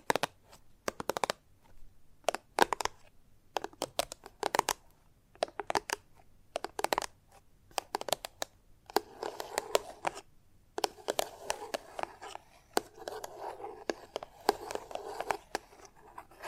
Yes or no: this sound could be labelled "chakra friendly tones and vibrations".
no